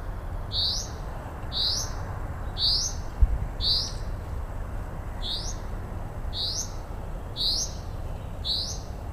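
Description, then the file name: Common chaffinch giving sharp single call notes, repeated roughly every second with a brief gap midway, against steady low-pitched background hum. "Fringilla coelebs"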